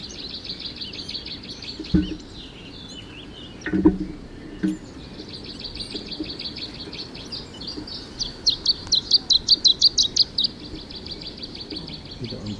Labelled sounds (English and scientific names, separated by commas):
Canary Islands Chiffchaff (Phylloscopus canariensis) song